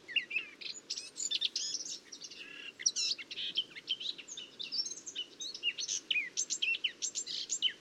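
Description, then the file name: Eurasian blackcap song, an energetic run of chattering notes and bright whistled slurs, varied and nearly continuous. "Sylvia atricapilla"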